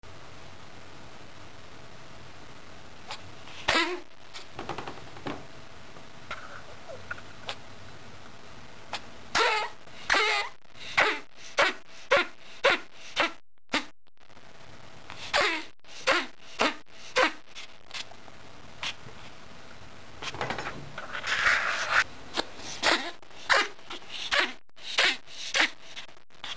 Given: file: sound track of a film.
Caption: Ferret with mycoplasmosis, coughing.